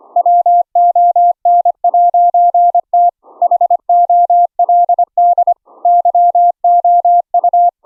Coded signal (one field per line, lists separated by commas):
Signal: Morse code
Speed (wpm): 25 wpm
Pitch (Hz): 700 Hz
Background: none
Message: WON'T HOLD YOU